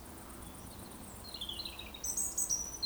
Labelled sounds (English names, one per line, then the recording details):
Eurasian Woodcock whistle
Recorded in Baden-Württemberg, Germany, on 23 June 2020 at 20:19 UTC
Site 14569, 102 m above sea level